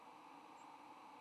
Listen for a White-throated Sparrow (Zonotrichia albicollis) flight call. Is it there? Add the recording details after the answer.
no. Another species' flight call is heard. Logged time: 06:29 on 8 November 2014